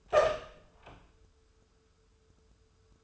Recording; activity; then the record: daily activity, microphone in the room; open door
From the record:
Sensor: 2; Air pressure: 1015.1 hPa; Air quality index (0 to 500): 166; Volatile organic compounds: 9 ppm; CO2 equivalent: 2155 ppm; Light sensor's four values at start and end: 12/33/13/14 and 12/33/13/14